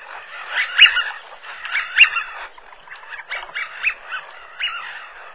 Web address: chants et cris canardsiffleur